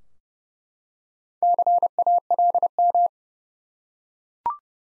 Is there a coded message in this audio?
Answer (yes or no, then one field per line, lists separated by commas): yes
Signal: Morse code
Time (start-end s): 1.4-3.1 s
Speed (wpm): 32 wpm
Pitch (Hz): 700 Hz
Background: none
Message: CALM